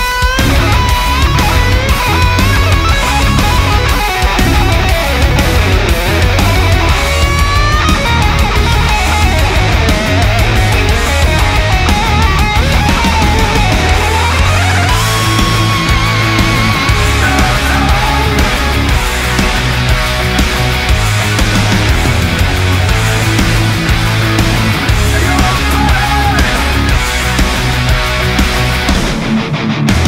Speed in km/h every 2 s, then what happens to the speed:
31, 26, 28, 32, 30, 28, 30, 30, 30, 29, 26, 26, 23, 23, 24.
0-16 steady at about 30. 16-24 slows to 23. 24-30 steady at about 23.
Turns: none.